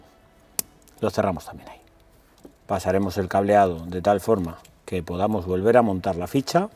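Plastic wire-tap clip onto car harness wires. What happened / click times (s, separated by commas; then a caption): The plastic clip snapped shut / 0.6 s. A plastic wire-tap clip joining tow-hitch kit wires to the car harness wires on a 2016–2020 Seat Ateca Phase I is pressed shut. It gives one loud, sharp snap at 0.6 s, and the clip is seated. Faint small ticks follow, then someone talks.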